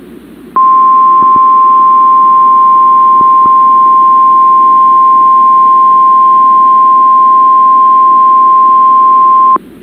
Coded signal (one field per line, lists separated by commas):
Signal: Emergency Alert System (SAME) tones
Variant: 1050 Hz attention tone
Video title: EAS - CRP Required Weekly Test on WXK26 - 12/07/2022